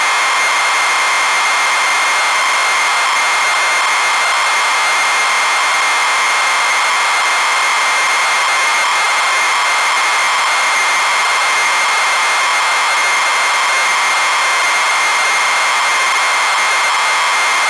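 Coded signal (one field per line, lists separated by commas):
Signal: ZX Spectrum tape loading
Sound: continuous harsh, buzzy data screech with a steady high whine, no lead tone heard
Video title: zx spectrum loading sim city original from a cassette tape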